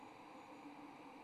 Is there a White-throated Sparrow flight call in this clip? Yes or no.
no